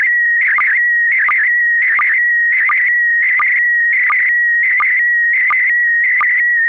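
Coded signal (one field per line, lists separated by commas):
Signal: SSTV (slow-scan television)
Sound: steady warbling high tone with a short low blip roughly every 0.7 seconds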